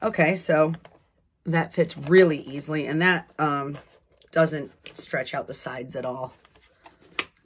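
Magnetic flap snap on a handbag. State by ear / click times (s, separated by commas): seated / 7.2 s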